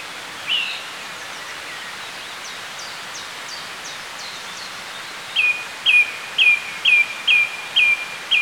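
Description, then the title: Song Thrush song, one note, then a faint high twittering series, then a clear whistled note repeated seven times in quick, regular succession. "Sylvain Jaskowiak - Mes piafs. Grive musicienne"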